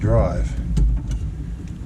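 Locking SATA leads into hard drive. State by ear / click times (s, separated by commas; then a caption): seated / 0.8 s, 1.1 s. Two locking SATA cables, data and power, are plugged into a newly mounted hard drive with a finger above and below the drive while someone talks. Sharp clicks at 0.8 s and 1.1 s mark the locking leads seating, and both are in.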